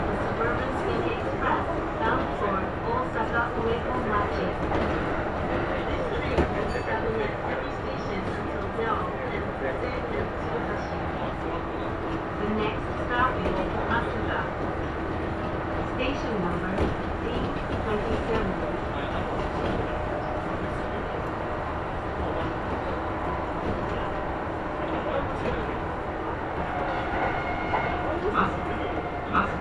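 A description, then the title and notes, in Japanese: A Kintetsu Osaka Line section semi-express train rolls along steadily, its low rumble and rattle of the carriages continuous throughout. Students' voices chatter over the top the whole time, a dense, lively murmur with occasional clicks and small knocks. 耳で楽しむ鉄道旅 近鉄大阪線 区間準急 大和朝倉→近鉄下田。大和朝倉始発の区間準急大阪上本町行きに乗り換えました。6両編成で桜井からは学生が乗ってきます。区間準急なので途中の河内山本までは各駅停車となります。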